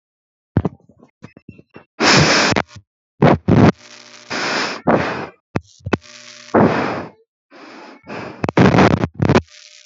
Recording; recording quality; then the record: shallow breathing; excellent, no background noise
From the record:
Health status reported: healthy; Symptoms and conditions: none ticked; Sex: female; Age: 22 years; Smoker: not ticked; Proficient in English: yes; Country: India